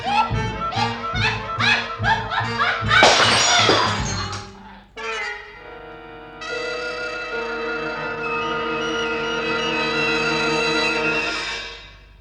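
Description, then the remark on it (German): A bright, noisy crash of a glass bottle shattering bursts out over dramatic music, with pulsing tones before it and a sustained, swelling chord ringing on afterward. “Hebe dich auf den Scherben der Flasche, rein und unverletzt.”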